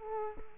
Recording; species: mosquito wingbeat signal from an infrared sensor; Culex quinquefasciatus